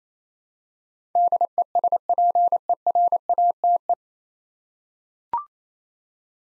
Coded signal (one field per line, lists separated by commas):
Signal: Morse code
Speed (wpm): 27 wpm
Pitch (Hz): 700 Hz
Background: none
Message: DESPERATE